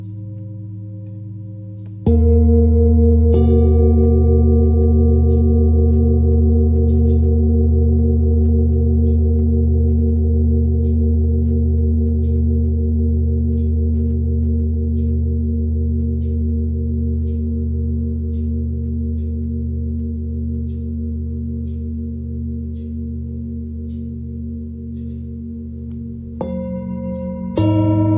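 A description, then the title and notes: A Tibetan singing bowl rings with a low, pulsing hum that is struck near two seconds, sustains and slowly fades, then is struck again near the end. Tibetan Singiing Bowl のサウンドヒーリングチャンネル LIVE.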